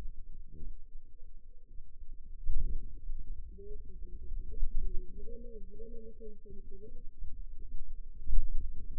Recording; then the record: forearm muscle sounds (acoustic myography)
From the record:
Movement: finger pinch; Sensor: system 2, bracelet of six BSWA MPA416 microphones around the upper forearm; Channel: 2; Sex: female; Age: 21 years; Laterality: right